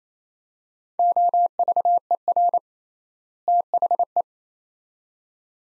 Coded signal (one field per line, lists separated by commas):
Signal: Morse code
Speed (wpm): 28 wpm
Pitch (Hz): 700 Hz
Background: none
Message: OVER THE